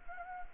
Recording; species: mosquito wingbeat signal from an infrared sensor; Anopheles arabiensis